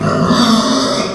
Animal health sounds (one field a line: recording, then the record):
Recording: squeal of a Yucatan mini pig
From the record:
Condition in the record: after surgery on the right vocal fold (resection and tissue-engineered implant)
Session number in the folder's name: 14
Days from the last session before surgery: 133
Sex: female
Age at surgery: 19 weeks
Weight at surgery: 25 kg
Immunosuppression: prednisolone